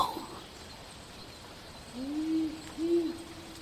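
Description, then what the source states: Powerful Owl hooting: one low, deep double hoot, the second note slightly higher, against a quiet hiss of background noise. Hooting at night in city bushland.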